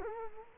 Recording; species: mosquito wingbeat signal from an infrared sensor; Culex quinquefasciatus